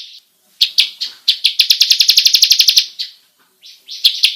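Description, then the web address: Bar-winged prinia singing a quick rolling trill of bright high notes lasting over a second, preceded and followed by sharp separate chips. Long rolling song style, locally called ngerol panjang. "ciblek suara-burung-ciblek-ngerol-panjang"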